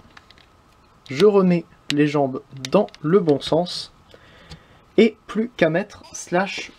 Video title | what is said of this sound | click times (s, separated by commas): (FR) Power of the Primes VOLCANICUS review (Transformers) | vient clip c'est ça comme ça je | 0.2 s